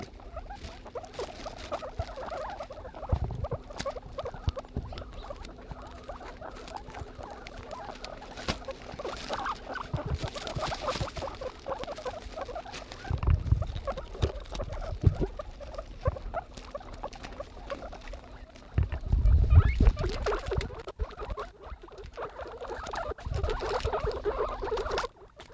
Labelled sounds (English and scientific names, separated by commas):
Guinea Pig (Cavia porcellus) call